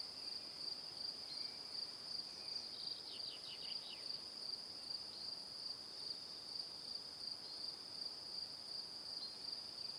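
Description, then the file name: Crickets chirping as a steady high-pitched pulsing drone, with a short burst of falling chirps midway; faint background hiss. Evening. "Calm - Evening Crickets"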